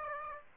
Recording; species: mosquito wingbeat signal from an infrared sensor; Aedes aegypti